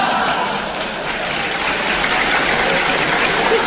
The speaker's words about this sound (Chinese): 你看我刚才唱那两句啊、嗯、唱的是字正腔圆，还甭说唱，刚一道白，同志们就给予鼓励，报以热烈的掌声啊。